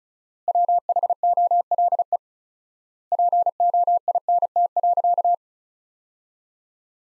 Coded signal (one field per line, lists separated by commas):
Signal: Morse code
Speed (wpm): 36 wpm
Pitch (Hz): 700 Hz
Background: none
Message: WHOLE POINT.